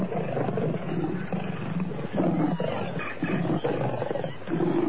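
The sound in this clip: Tiger fighting sounds: continuous deep, rasping growls and snarls surging in several harsh bursts, with rough throaty roaring throughout.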